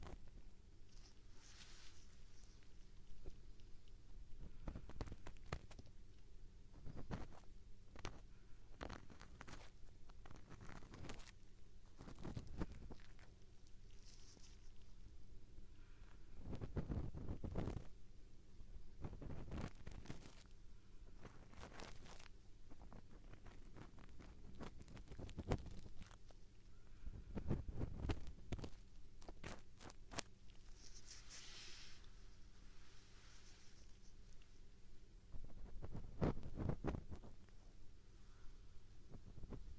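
Right-ear ASMR with a feather and ear pick: irregular soft scratches and brushing strokes, some sharp clicks, over a low steady hum.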